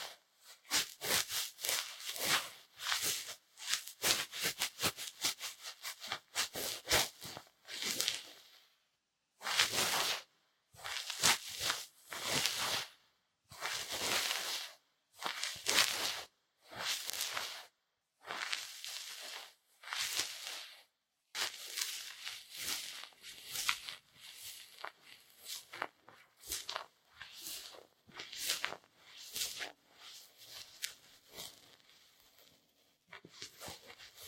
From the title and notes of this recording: 台灣ASMR | 掏穿你的耳朵 | 耳掃除 | Ear Cleaning | NO Talking.